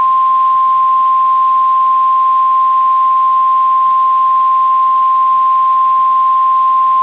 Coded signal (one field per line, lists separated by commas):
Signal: Emergency Alert System (SAME) tones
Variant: 1050 Hz attention tone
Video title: EAS scenario: the Blizzard part 1 (Thanksgiving 2017 EAS scenario)